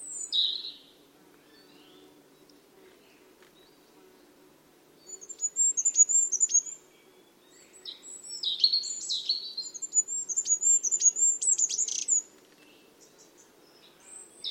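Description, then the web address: Bird song: very high, rapid whistled notes with buzzy lower notes and sharp clicks, in bursts separated by pauses. "cianscape. Deverinetal 2025. Bird Only"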